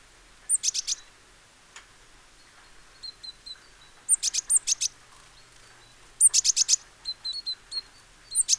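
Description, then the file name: Great tit calls, short rapid bursts of sharp, high clicking notes with thin hooked whistles, repeated several times at irregular intervals over a quiet background. "Parus major"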